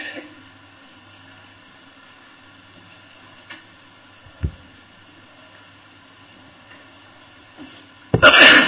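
A long stretch of quiet, low background hum with a couple of soft knocks, then one sudden, loud, breathy sneeze bursts out right at the end.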